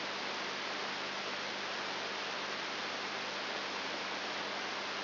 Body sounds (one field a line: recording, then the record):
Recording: brain microelectrode recording played as sound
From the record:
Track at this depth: inside the subthalamic nucleus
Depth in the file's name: 4.901 mm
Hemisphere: left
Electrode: 3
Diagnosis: Parkinson's disease